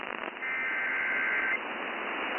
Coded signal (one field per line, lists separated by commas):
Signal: Emergency Alert System (SAME) tones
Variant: header bursts